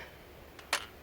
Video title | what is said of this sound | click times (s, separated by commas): Ruger .300 Win Mag Rifle with Shepherd Scope Target Practice | it locks in place here. | 0.7 s